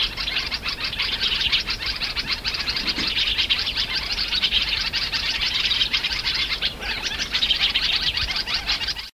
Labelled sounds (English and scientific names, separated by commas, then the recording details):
African Red-eyed Bulbul (Pycnonotus nigricans) alarm call
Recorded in the wild
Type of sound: alarm call
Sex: group
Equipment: Halbspur, 9,5 cm/s
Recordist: Lütgens, Hans
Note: Warnen